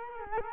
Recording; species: mosquito wingbeat signal from an infrared sensor; Culex quinquefasciatus